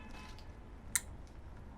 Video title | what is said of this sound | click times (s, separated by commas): 9" LED 360 PRO AUXBEAM INSTALL AND TEST ! | that's it it locks in place and the same for this one | 0.9 s